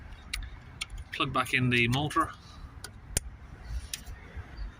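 Someone talks briefly while the electrical connector is pushed back onto the throttle body motor of a Range Rover Sport 3.0, refitted after a P0234-77 turbo overboost fault from a sticking flap. Light ticks and handling sounds come before the connector seats with a sharp click at 3.2 s.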